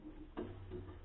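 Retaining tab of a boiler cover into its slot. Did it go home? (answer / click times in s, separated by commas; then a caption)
no / none. A plastic cover's retaining tab is handled near its slot while a Bosch combi boiler is being reassembled after cleaning. A brief handling noise rises at about 0.4 s over a steady low hum. Nothing has seated or clicked yet.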